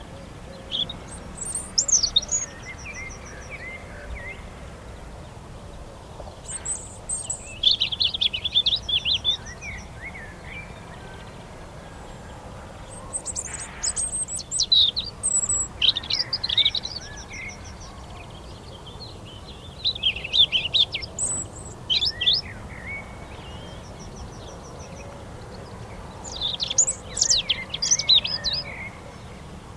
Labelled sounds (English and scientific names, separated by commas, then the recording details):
European Robin (Erithacus rubecula) song
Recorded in the wild
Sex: male
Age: adult
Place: Lüdersdorf, Barnim, Brandenburg, DE
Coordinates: 52.9236, 14.0767
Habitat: open country
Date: 2006-04-15
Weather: overcast, 3°C, light to moderate westerly winds
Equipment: Marantz PMD 671, Sennheiser MKH 70, Popschutz
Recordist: Frommolt, Karl-Heinz